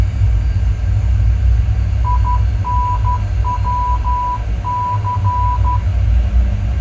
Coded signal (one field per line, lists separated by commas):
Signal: Morse code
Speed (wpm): 12 wpm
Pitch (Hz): 990 Hz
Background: none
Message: INWC